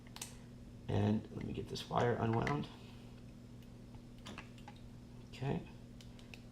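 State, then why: Seated. Someone talks while a small 3D-printed camera holder is pressed into the frame of a Cyclone FPV DIY 100v1 FPV drone kit, with light clicks and handling ticks throughout. The holder snaps into place with a sharp click at 6.3 s and sits snugly in the frame.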